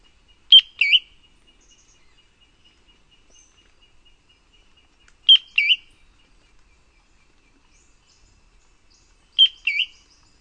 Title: LuckyPassaro Completos2Sama. Ferruginous Antbird (Drymophila ferruginea)